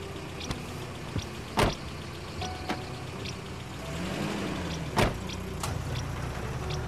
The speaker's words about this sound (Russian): Вячеслав садится в машину и уезжает.